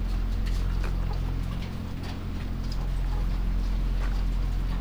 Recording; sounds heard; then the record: poultry house recording; sick chickens (respiratory disease)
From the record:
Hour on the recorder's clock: 0